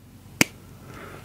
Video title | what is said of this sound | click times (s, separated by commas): OWP Neopixel Lightsaber Review | and then you can hear this click | 0.4 s